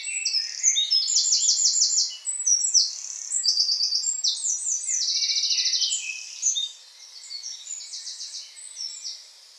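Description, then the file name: Eurasian Wren singing nonstop, shrill rapid phrases mixing clipped notes with several fast rattling trills, softening toward the end. "Troglodytes troglodytes"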